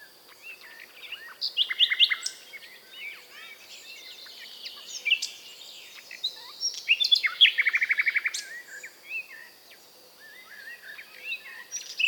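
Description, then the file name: Common nightingale song: varied whistled phrases with a fast, rattling trill of repeated notes. "British Library - European Nightingale(Luscinia megarhynchos)"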